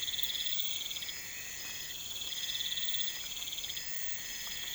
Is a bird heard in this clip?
no